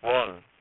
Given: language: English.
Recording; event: throat vibration sensor signal played as sound; speech